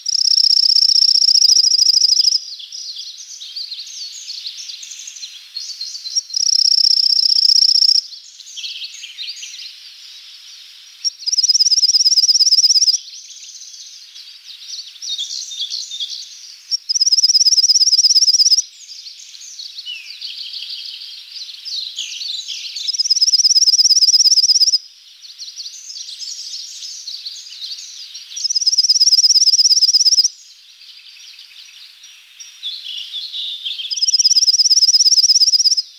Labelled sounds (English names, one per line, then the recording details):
Pale-legged Leaf Warbler song
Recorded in the wild
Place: Tormasu (Umgebung), RU
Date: 1994-06-04
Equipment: Dat-Recorder Casio DA 7, Telinga DAT, Telinga-Parabolspiegel
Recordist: Schwarz, Dieter
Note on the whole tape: Song